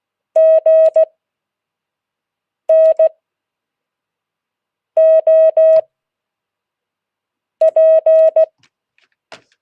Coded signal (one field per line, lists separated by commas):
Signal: Morse code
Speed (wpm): 16 wpm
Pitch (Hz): 640 Hz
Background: none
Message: GNOP